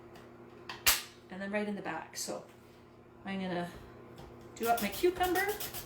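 A julienne blade insert, the smallest of four blades, is fitted into the front of a plastic mandolin slicer frame, giving one sharp snap at 0.7 s as it pops into place and seats. Someone then talks over faint background noise.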